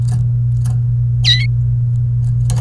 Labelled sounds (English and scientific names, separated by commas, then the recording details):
Domestic Canary (Serinus canaria) song
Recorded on 28 April 2018 at 14:12
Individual llb3